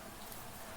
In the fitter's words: Just with a nice satisfying click. There you go. You're attached.